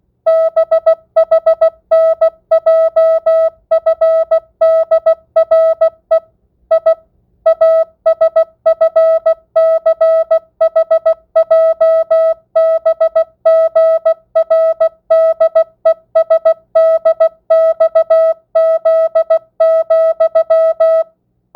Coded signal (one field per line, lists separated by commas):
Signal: Morse code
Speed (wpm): 16 wpm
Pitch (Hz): 650 Hz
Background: music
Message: BHNJFDRE I ASFCHJBGRDESDXZ,